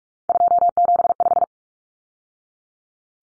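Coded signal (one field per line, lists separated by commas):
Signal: Morse code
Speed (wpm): 44 wpm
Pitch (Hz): 700 Hz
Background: none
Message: 275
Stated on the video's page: Morse head-copy drill of three-digit numbers at 45 wpm, each number sent, spoken, then sent again.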